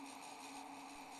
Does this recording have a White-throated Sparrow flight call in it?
no